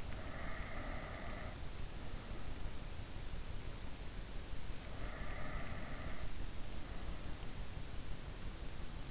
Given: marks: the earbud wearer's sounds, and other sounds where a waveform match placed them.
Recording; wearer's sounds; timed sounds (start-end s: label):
sounds in sleep by an in-ear microphone; breath
0.00-1.77 s: breath
4.80-6.46 s: breath